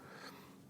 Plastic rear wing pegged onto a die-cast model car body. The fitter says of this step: and it doesn't really snap into place but it it fits pretty nice and